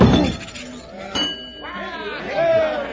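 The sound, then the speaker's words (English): A fairground strength tester bell, struck with a hammer by a man on his first try, rings out with a sharp strike and a bright, lingering tone, amid crowd chatter and some voices in the background. “He rang the bell on the first try.”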